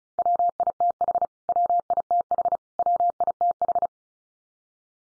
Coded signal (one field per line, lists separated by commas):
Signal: Morse code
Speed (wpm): 34 wpm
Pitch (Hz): 700 Hz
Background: none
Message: WITH WITH WITH